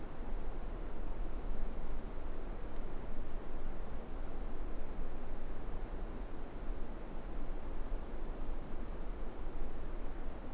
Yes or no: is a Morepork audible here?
no